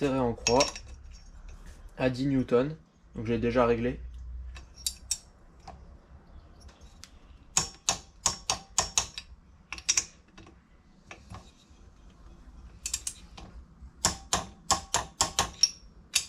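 Someone talks briefly, then the engine casing bolts on a vintage Peugeot 102/103 moped engine are tightened in a cross pattern with a torque wrench preset to 10 N·m, with ratcheting between bolts. The wrench clicks sharply as each bolt reaches the setting, at about 7.6, 9.0, 14.1 and 14.7 seconds.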